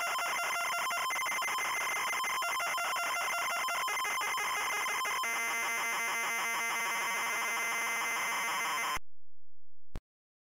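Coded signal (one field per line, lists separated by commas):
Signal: ZX Spectrum tape loading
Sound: harsh rapid buzzing data screech that changes texture midway, then cuts to silence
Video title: Vegeta (Dragon Ball Z) - Loading screen (ZX Spectrum)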